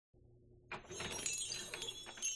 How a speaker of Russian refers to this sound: Дверь, звякнув колокольчиком, пустила меня внутрь.